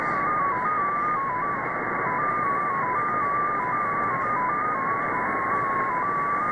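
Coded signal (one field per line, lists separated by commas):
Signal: numbers station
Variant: XPA2 digital MFSK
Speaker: so this is xp a2 uh on 13394 upper sideband and this comes from moscow russia it is a digital number station spy number station actually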